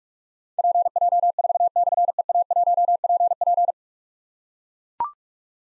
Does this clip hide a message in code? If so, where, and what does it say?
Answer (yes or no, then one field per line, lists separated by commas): yes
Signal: Morse code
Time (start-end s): 0.6-3.7 s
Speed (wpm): 44 wpm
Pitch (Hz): 700 Hz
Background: none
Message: PJ4/EA1PP